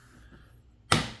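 A clip of the plastic air intake cover panel on a Tesla Model Y or Model 3 is pressed down into the car's front cowl. After a faint low background hum, a single sharp, bright click at 0.9 s fades out over about a third of a second. The trim panel clip snaps in and is seated.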